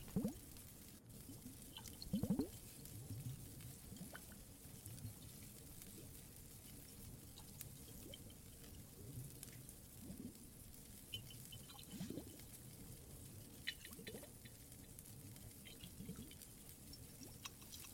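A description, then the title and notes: Water trickles and drips in a cave over a steady low rumble, with scattered faint crackles and a louder splash near the start. Some more Cave ASMR, Water and Fireplace added.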